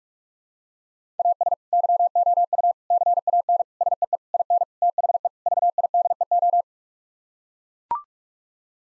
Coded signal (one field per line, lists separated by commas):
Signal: Morse code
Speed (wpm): 44 wpm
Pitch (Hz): 700 Hz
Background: none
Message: AS YOU CAN SEE IN THE VIDEO